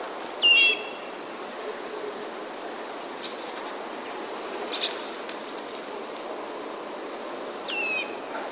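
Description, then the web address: Eurasian nuthatch screech calls: a harsh falling note at the start and another near the end, with faint ticks and chirps from other birds between. "wroblowe kowalik kowalikskrzeczy"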